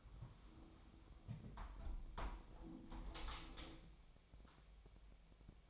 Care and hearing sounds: daily activity, microphone in the room; close window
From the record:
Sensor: 1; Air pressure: 1006.6 hPa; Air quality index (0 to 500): 209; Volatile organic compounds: 24 ppm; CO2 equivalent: 2815 ppm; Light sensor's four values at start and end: 12/32/12/14 and 12/31/12/13

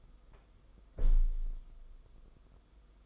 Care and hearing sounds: daily activity, microphone in the room; close window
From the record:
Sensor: 5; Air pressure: 990.5 hPa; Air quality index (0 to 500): 162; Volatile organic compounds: 273 ppm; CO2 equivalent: 4419 ppm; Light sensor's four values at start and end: 17/42/17/18 and 17/41/17/18

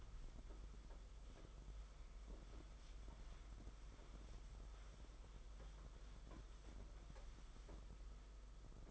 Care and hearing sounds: daily activity, microphone in the room; wipe stove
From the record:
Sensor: 5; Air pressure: 991.6 hPa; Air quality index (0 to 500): 124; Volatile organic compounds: 52 ppm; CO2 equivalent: 3321 ppm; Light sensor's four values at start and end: 36/109/42/45 and 34/100/39/42

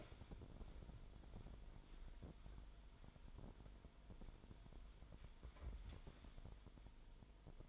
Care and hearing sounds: daily activity, microphone in the room; wipe stove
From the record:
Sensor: 5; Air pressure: 1003.5 hPa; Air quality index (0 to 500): 146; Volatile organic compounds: 2 ppm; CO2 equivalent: 1058 ppm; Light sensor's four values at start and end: 38/82/38/45 and 37/80/36/43

